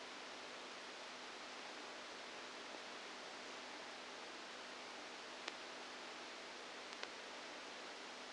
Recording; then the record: brain microelectrode recording played as sound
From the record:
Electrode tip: outside the subthalamic nucleus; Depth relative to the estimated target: -6 mm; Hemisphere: right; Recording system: NeuroSet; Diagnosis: Parkinson's disease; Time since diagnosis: 7 years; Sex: female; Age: 68 years